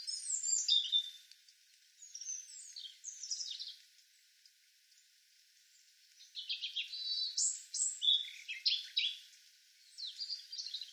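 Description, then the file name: European robin song: fluty, high warbled phrases in two bouts separated by a quiet pause, with a faint hiss in the background. "Erithacus rubecula"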